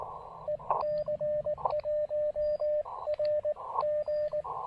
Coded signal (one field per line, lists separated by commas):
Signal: Morse code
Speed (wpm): 18 wpm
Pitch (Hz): 600 Hz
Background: radio noise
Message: EC1RG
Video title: POTA Activation with the Elecraft KX2 and a Stolen Antenna! (Plus, bonus canine guests!)